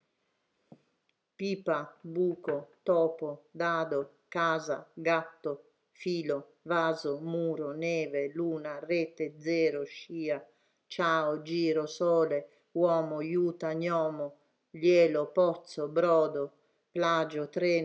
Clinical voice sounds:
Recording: read list of words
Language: Italian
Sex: female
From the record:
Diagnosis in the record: healthy control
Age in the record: 69 years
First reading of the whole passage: 64 s, 7.9 characters per second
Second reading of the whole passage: 54 s, 9.5 characters per second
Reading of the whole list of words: 33 s, 8.4 characters per second

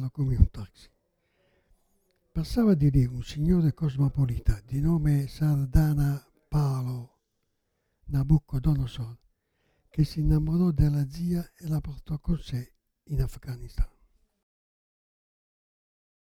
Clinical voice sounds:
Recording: read passage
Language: Italian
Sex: male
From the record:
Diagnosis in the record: Parkinson's disease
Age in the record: 77 years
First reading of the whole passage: 65 s, 8.0 characters per second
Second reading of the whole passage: 61 s, 8.5 characters per second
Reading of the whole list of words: 50 s, 5.6 characters per second

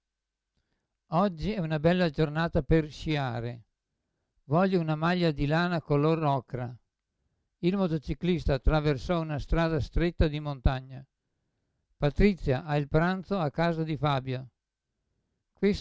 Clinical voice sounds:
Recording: read phrases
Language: Italian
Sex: male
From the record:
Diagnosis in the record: Parkinson's disease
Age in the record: 75 years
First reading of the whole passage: 62 s, 8.3 characters per second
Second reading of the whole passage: 57 s, 9.2 characters per second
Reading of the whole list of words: 53 s, 5.3 characters per second

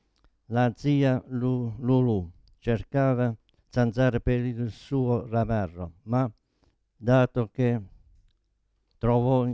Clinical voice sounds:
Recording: read passage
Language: Italian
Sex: male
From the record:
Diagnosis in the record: Parkinson's disease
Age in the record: 72 years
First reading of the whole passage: 118 s, 4.4 characters per second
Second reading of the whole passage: 99 s, 5.2 characters per second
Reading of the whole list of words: 88 s, 3.2 characters per second

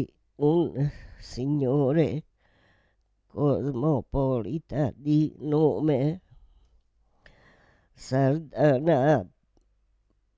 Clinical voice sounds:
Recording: read passage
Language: Italian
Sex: female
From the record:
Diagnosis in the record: Parkinson's disease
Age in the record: 78 years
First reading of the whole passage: 164 s, 3.2 characters per second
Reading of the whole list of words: 108 s, 2.6 characters per second

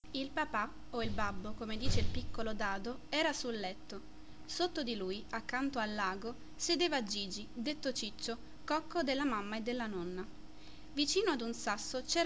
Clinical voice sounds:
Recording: read passage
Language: Italian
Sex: female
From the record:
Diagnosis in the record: healthy control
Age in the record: 20 years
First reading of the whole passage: 47 s, 11.1 characters per second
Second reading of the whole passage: 49 s, 10.5 characters per second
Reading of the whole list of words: 45 s, 6.2 characters per second

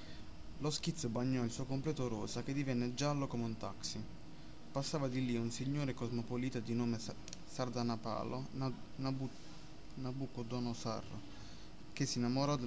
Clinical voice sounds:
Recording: read passage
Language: Italian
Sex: male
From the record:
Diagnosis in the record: healthy control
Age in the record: 20 years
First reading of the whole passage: 46 s, 11.2 characters per second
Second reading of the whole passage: 43 s, 12.0 characters per second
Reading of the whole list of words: 38 s, 7.5 characters per second

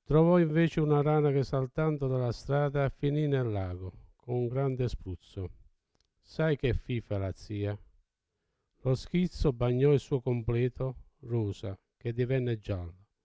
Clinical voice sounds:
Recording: read passage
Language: Italian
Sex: male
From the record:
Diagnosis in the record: Parkinson's disease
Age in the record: 70 years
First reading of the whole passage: 68 s, 7.6 characters per second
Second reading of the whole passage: 61 s, 8.4 characters per second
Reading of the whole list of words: 64 s, 4.4 characters per second

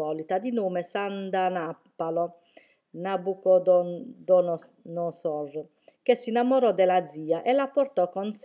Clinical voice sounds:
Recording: read passage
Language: Italian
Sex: female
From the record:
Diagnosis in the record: healthy control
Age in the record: 61 years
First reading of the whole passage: 59 s, 8.5 characters per second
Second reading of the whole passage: 54 s, 7.6 characters per second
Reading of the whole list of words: 57 s, 4.9 characters per second

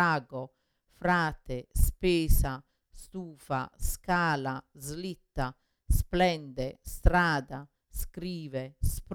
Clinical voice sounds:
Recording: read list of words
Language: Italian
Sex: female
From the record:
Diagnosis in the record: Parkinson's disease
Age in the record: 61 years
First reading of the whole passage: 53 s, 9.7 characters per second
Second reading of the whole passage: 51 s, 10.1 characters per second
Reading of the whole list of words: 49 s, 5.7 characters per second

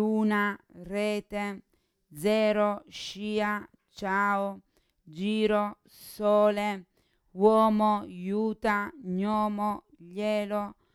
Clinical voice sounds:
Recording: read list of words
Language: Italian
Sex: female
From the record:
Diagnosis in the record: Parkinson's disease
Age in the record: 40 years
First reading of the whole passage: 61 s, 7.8 characters per second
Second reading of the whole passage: 52 s, 9.9 characters per second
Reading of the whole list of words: 55 s, 5.1 characters per second

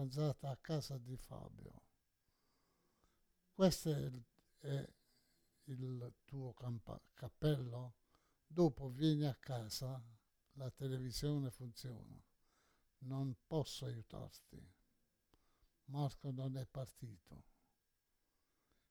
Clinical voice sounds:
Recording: read phrases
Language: Italian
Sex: male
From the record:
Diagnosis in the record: Parkinson's disease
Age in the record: 68 years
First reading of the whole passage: 84 s, 6.2 characters per second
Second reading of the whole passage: 63 s, 8.2 characters per second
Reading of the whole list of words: 57 s, 5.0 characters per second

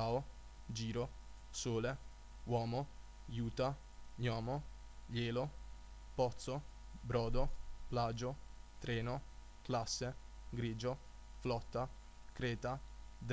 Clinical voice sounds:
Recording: read list of words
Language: Italian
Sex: male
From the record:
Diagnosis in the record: healthy control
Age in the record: 20 years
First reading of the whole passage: 41 s, 12.5 characters per second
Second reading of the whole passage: 40 s, 12.9 characters per second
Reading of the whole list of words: 46 s, 6.1 characters per second

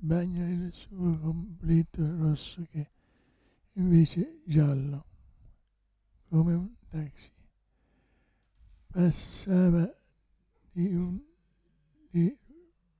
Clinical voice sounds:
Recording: read passage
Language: Italian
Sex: male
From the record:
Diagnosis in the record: Parkinson's disease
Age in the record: 65 years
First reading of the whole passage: 164 s, 3.2 characters per second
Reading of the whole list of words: 151 s, 1.9 characters per second

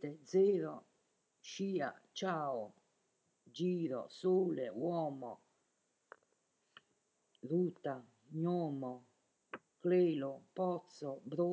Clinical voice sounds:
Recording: read list of words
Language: Italian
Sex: female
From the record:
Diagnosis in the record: healthy control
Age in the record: 70 years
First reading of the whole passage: 149 s, 3.0 characters per second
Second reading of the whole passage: 105 s, 4.4 characters per second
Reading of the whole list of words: 65 s, 4.0 characters per second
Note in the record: marked for poor recording quality or reading difficulty

